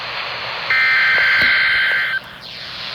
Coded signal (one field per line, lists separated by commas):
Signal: Emergency Alert System (SAME) tones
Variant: header bursts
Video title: Required Weekly Test At School EAS#122